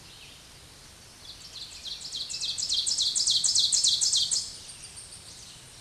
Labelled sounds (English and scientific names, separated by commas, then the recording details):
Ovenbird (Seiurus aurocapilla) song
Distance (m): 5 m
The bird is about 5 m above the microphone
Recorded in a Pennsylvania forest on 16 May 2024 at 07:05
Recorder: AudioMoth, point MSD-0475
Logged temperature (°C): 12.3 °C
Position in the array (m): 147 m, 6 m